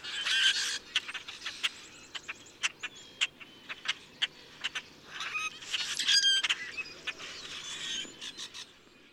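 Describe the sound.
Common grackle song of dry clicks and short creaky squeaks in spaced bursts, with denser squealing outbursts near the start and later on.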